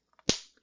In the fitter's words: sure you hear that when you put it back on if you don't hear the click that means it's not on securely